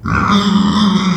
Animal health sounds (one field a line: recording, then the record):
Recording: squeal of a Yucatan mini pig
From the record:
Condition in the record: after surgery on the right vocal fold (resection and tissue-engineered implant)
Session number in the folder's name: 15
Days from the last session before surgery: 175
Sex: female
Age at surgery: 19 weeks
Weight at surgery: 25 kg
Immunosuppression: prednisolone